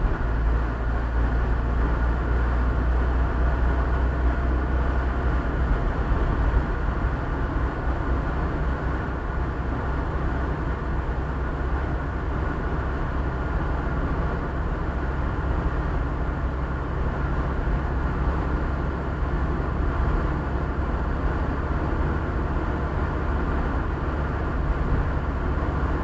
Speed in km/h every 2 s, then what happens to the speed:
55, 59, 61, 63, 64, 62, 63, 63, 64, 65, 66, 66, 66.
0-6 speeds up to 63. 6-26 steady at about 64.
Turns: none.